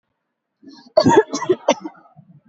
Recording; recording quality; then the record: heavy voluntary cough; excellent, no background noise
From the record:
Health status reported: recovered from COVID-19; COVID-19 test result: negative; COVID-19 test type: RT-PCR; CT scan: not taken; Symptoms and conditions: none ticked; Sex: female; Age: 29 years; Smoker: no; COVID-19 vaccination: both doses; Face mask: worn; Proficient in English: yes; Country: India